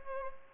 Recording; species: mosquito wingbeat signal from an infrared sensor; Culex pipiens